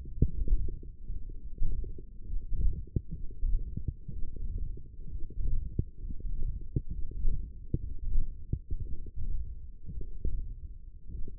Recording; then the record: forearm muscle sounds (acoustic myography)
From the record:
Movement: hand closing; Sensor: system 1, eight BSWA MPA416 microphones around the upper forearm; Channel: 3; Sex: male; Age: 23 years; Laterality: right